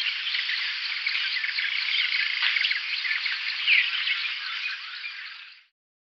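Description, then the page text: White-crested Laughingthrush calling in a steady, noisy chatter of rasping notes that carries on for several seconds, then stops abruptly. "White-Crested Laughingthrush Call. Quick Sounds"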